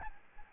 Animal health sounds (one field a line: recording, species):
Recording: mosquito wingbeat signal from an infrared sensor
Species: Aedes albopictus